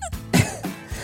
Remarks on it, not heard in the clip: Before we start an episode coughs up a cat. It's not like you're coughing. It's like you're clearing your throat in the most inappropriate way.